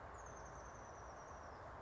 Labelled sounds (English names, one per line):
Oak Titmouse